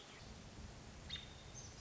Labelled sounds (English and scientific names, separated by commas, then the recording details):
American Robin (Turdus migratorius)
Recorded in Sonoma County, California